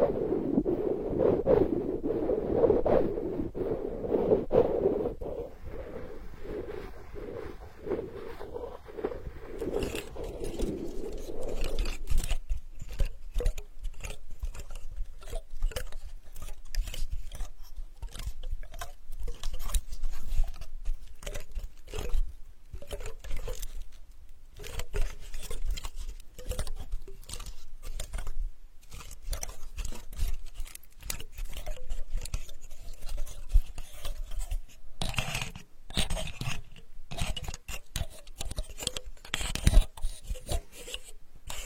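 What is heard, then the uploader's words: Sandalwood tapping begins with low, muffled rubbing, then from about twelve seconds turns into quick, dense, uneven taps that grow brighter near the end. Healing sandalwood tapping experience SPA.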